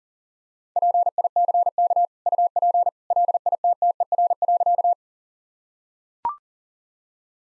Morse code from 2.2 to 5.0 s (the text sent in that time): UP LITTER.